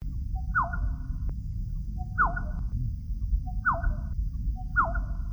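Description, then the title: Black-naped oriole calling: four harsh, nasal notes, each opening with a quick falling stroke into a buzzy band, over low rumbling background noise. "kepodang"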